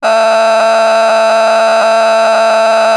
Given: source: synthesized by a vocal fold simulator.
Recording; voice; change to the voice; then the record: sustained vowel; female; vocal strain, level 10 of 10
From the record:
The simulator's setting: 1.00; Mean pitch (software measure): 223 Hz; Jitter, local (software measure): 2.70%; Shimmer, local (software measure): 3.8%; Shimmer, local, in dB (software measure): 0.34 dB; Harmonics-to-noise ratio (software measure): 11.5 dB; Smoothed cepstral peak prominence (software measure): 13.1 dB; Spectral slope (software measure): -17.1 dB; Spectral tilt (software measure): -7.9 dB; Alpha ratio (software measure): -7.7 dB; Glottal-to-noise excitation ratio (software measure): 0.912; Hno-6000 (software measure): 1.7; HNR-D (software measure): 33.7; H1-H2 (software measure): -3.8 dB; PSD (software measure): 1.3e-03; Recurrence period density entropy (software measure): 0.123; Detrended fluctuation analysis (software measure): 0.0085